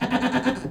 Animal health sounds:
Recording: contact call of a hoofed animal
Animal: goat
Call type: low-frequency (closed-mouth) or high-frequency (open-mouth) call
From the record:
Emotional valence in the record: negative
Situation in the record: food frustration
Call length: 0.71 s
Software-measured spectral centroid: 1940 Hz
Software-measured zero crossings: 1570 a second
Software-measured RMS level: -24 dBFS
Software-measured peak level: -8 dBFS

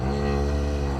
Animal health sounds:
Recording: contact call of a hoofed animal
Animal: cattle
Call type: low-frequency (closed-mouth) or high-frequency (open-mouth) call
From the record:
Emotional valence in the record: negative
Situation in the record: full separation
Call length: 1.01 s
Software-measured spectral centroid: 1670 Hz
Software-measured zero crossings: 930 a second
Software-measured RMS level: -24 dBFS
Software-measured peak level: -13 dBFS

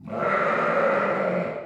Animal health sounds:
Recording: contact call of a hoofed animal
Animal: sheep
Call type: low-frequency (closed-mouth) or high-frequency (open-mouth) call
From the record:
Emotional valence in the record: negative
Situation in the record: short social isolation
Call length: 1.65 s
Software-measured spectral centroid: 1300 Hz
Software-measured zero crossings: 1750 a second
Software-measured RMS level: -24 dBFS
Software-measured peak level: -11 dBFS

